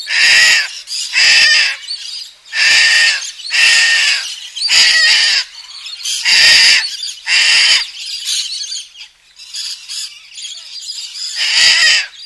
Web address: little corella